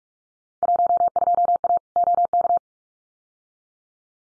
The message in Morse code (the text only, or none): 12A OK